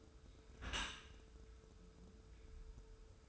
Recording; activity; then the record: daily activity, microphone in the room; close dishwasher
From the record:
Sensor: 2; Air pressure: 1014.8 hPa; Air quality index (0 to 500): 26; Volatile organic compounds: 1 ppm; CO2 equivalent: 509 ppm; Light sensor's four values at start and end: 10/23/9/9 and 10/23/9/9